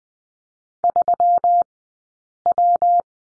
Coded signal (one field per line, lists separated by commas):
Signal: Morse code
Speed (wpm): 20 wpm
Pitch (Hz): 700 Hz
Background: none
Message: 3W